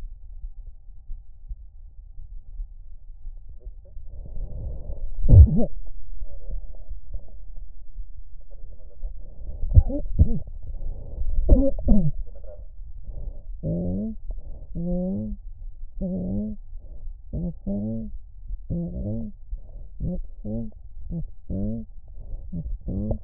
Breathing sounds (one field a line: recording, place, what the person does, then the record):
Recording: lung sounds by stethoscope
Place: right anterior apical chest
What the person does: quiet breathing, then cough and speech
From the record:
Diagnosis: COPD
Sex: female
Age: 68 years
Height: 150 cm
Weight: 70 kg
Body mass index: 31.1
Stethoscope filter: extended mode